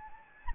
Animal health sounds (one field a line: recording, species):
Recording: mosquito wingbeat signal from an infrared sensor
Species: Anopheles gambiae